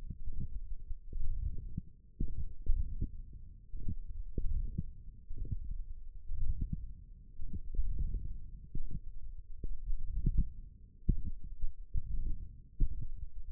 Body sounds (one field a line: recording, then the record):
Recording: forearm muscle sounds (acoustic myography)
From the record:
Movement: hook grip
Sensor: system 1, eight BSWA MPA416 microphones around the upper forearm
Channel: 3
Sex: female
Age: 21 years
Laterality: right